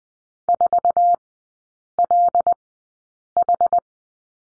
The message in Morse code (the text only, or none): 4LH